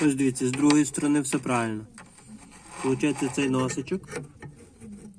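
On a Caddy, after the low-beam bulb has been replaced, the bulb's retaining clip is pressed so its hook rests against the plastic headlight housing while someone talks. Only speech and faint handling noise are heard, and nothing has seated or clicked yet.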